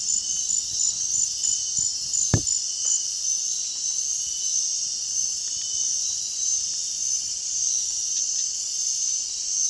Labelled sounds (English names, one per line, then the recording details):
none
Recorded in dense forest near Puerto Asís, Putumayo, Colombia, on 25 June 2025 at 21:00
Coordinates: 0.466, -76.327
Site GP04